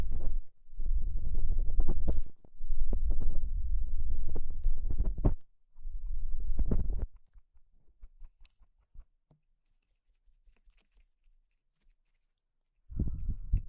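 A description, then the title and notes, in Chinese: Ear cleaning with various sticks: dense, low scraping and rubbing strokes come in bursts of about one to two seconds through the first seven seconds. After that, only scattered soft clicks and taps break a near-silence, until another scratchy burst begins at about thirteen seconds. 用各种棒棒清理你的耳朵。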